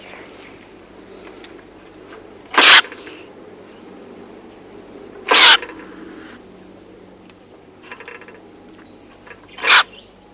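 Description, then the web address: Stoat giving three short, harsh, explosive hisses spaced a few seconds apart, with faint high squeaky chirps in between. "earth naturelibrary assets s st stoat"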